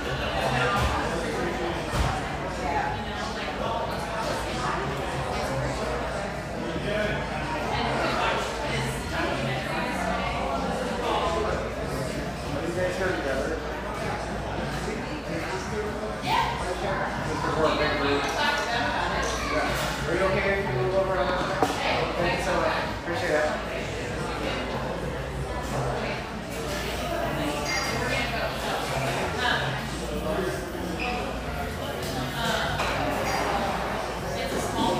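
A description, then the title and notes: A busy coffeehouse hums with steady overlapping conversation, voices mingling with faint clinks and shuffles under a constant low room murmur. Laguna Beach, California. The coffee rush fades to a mid-morning lull in this sunlight coffeehouse, tucked behind a bakery near this coastal California paradise.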